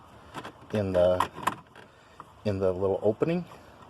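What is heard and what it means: A replacement plastic dash air vent louver assembly is handled and placed into the small vent opening in the dashboard of a 1992–1997 OBS Ford truck while someone talks, with faint handling taps around 0.5 s and 2.2 s. Nothing has seated or clicked yet; the clip ends just before the louver is pushed home.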